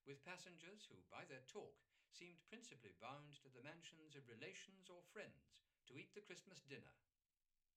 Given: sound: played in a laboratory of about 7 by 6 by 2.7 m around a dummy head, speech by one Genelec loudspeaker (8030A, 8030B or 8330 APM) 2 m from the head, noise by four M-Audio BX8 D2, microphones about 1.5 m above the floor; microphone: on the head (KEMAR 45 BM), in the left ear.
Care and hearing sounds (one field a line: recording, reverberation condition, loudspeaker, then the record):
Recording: male speech in English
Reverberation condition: low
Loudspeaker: 60 degrees to the left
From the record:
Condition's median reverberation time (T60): about 310 ms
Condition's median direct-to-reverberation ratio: about 3.5 dB